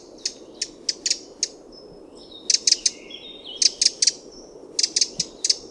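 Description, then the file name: Eurasian wren uttering clipped, harsh tick notes, first more spaced out, then in bursts of three or four, with quiet thin whistles between the bursts. "Troglodytes troglodytes"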